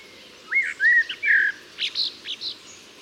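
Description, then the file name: Common blackbird song: low fluted warbled notes around half a second in, then a higher scratchy twittering ending, over steady background hiss. "Turdus merula"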